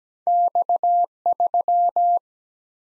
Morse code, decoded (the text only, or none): X3